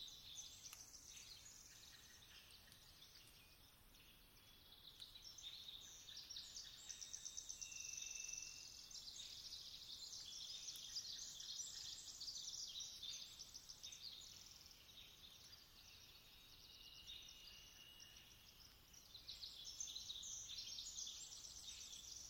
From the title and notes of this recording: Twilight, Dawn, and Sunrise in the Olympic National Forest, on Rugged Ridge near Sitkum and Calawah Rivers. Species include: Western Screech Owl, Varied Thursh, Pacific Wren, American Robin.